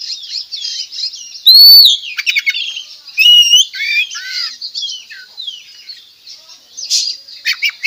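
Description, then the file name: Oriental magpie-robin song: a continuous, varied run of rich whistles, slurred rising and falling notes, rapid trills and harsh buzzy bursts, loud and dense for most, with a softer stretch late on before a few final loud notes. Recorded at Tretes; bird singing actively and vigorously, described locally as gacor. "Tembakan Kacer Tretes Gacor"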